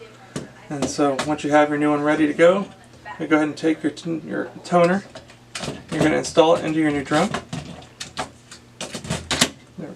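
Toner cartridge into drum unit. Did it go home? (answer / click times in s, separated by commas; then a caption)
yes / 9.3 s. A toner cartridge for a Brother HL-L3210 printer is pressed into a new drum unit while someone talks. A few plastic handling knocks come near the end, and the cartridge clicks firmly into place at 9.3 s, seated and latched.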